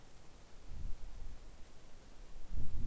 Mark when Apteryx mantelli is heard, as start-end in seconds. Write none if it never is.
none